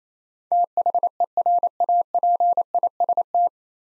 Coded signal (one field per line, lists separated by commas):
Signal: Morse code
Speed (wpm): 27 wpm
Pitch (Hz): 700 Hz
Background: none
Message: THERAPIST